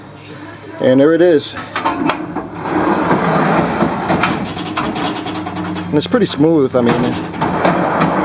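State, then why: Not seated. A sliding storage drawer in an SUV cargo storage unit is handled as someone talks, with its drawer latch yet to lock into place. Sharp transients come at about 4.2 s and 7.4 s amid the talking. Nothing has seated or clicked yet.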